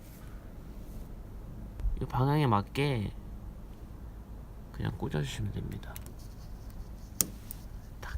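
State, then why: Seated. A replacement bulb is lined up in the right orientation and pushed into the license plate lamp socket on a car while someone talks. A sharp click at 7.2 s marks it seating properly in the socket.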